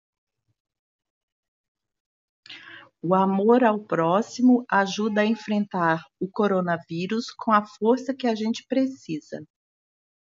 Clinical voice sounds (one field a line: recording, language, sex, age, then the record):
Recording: spoken sentence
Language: Brazilian Portuguese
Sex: female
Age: 60 to 69 years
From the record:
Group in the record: control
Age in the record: 61 years